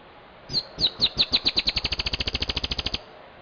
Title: LuckyPassaro Completos2Sama. Dusky-tailed Antbird (Drymophila malura)